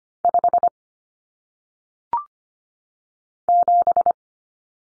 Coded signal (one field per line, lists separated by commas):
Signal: Morse code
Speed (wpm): 25 wpm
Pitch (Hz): 700 Hz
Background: none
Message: 5 7